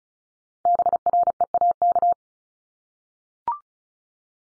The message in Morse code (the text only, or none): BREAK